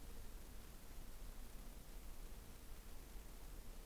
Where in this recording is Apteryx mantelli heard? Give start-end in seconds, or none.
none